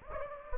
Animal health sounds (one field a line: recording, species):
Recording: mosquito wingbeat signal from an infrared sensor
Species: Anopheles gambiae